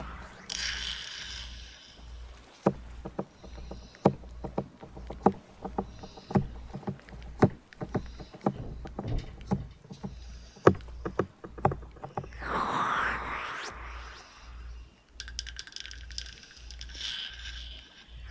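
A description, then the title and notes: Sharp taps on jars and boxes come in quick, irregular bursts through the middle of the recording, some ringing bright and hard. A steady low thumping pulses underneath throughout, and near the start and end a hissy, rushing noise takes over, with a swirling sweep around thirteen seconds. Tapping on jars and boxes.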